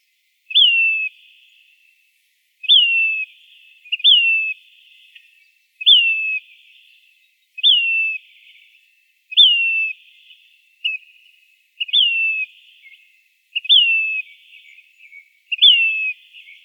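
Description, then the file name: Say's phoebe calling: a clear, high whistled note that slurs sharply downward, given about ten times at irregular intervals of one to two seconds, with nothing else audible. Recorded in Arizona. "SAPH 3 deviche"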